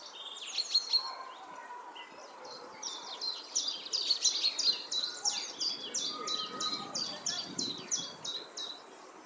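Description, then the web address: Common chaffinch song: quiet, rapidly repeated high notes in a short run, followed by a steady series of similar notes, with soft background noise. "2025 File origin Bird Only Fr Co"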